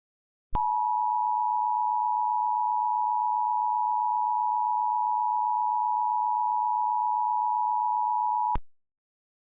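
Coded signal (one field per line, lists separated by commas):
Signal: Emergency Alert System (SAME) tones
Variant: 853 and 960 Hz attention tone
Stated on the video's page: Mock winter storm warning, not a real alert.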